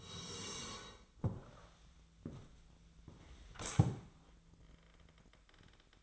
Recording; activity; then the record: daily activity, microphone in the room; sit down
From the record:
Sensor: 3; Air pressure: 1000.4 hPa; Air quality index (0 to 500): 170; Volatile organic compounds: 3 ppm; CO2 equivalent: 1486 ppm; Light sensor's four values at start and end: 13/31/13/14 and 14/32/14/14